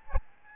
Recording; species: mosquito wingbeat signal from an infrared sensor; Aedes albopictus